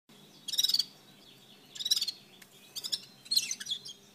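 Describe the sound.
Red-fronted serin calls: four short, bright, high chirping bursts over a faint low hum.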